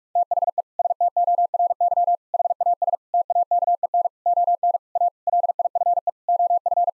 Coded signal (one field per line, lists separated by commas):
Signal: Morse code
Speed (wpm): 46 wpm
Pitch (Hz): 700 Hz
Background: none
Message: THE STORY HAS TAKEN ON A LIFE OF